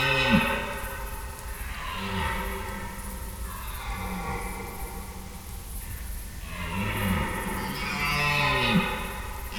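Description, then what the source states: Red deer stags roaring, long harmonic bellows with falling ends, several overlapping calls throughout. Stags calling during the rut; extract from an overnight recording in Schönbuch near Tübingen, Germany, September 2023.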